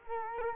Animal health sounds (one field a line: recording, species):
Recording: mosquito wingbeat signal from an infrared sensor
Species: Culex quinquefasciatus